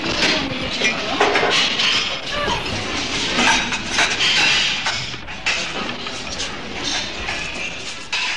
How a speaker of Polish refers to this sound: Zadzwoniły nam szklanki i filiżanki, bo to o nich będziemy dziś rozmawiać.